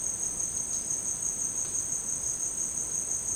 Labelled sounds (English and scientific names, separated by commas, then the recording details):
none
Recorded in dense forest near Puerto Asís, Putumayo, Colombia, on 23 June 2025 at 11:00
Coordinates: 0.499, -76.324
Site G100